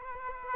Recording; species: mosquito wingbeat signal from an infrared sensor; Aedes aegypti